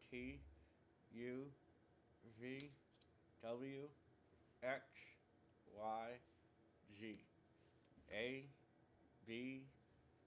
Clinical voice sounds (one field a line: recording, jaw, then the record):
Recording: letters of the alphabet, spoken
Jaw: constrained by a bite bar between the teeth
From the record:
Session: first day, right after the free take